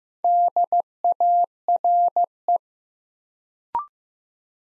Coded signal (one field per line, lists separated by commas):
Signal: Morse code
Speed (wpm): 15 wpm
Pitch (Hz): 700 Hz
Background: none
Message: DARE